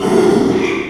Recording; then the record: squeal of a Yucatan mini pig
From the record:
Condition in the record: after surgery on the right vocal fold (resection and tissue-engineered implant); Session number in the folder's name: 1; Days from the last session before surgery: 6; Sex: male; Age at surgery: 12 weeks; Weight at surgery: 13 kg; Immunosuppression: cyclosporine, prednisolone